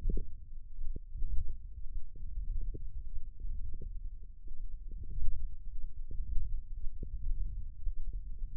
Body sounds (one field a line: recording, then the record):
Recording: forearm muscle sounds (acoustic myography)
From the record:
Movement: hand opening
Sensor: system 1, eight BSWA MPA416 microphones around the upper forearm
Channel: 6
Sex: male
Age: 23 years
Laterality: right